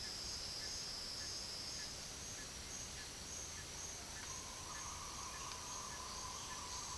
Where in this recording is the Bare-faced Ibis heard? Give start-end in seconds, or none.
4.10-6.98